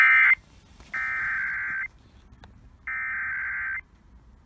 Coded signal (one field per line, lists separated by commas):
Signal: Emergency Alert System (SAME) tones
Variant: header bursts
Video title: Shasta Tested Early... (EAS #2201-2203)